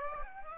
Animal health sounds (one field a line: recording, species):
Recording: mosquito wingbeat signal from an infrared sensor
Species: Aedes aegypti